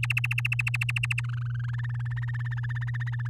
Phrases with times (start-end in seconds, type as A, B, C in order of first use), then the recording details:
0.03-1.21 A, 1.24-2.13 B, 2.16-3.28 C. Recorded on 9 May 2018 at 05:41. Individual llb16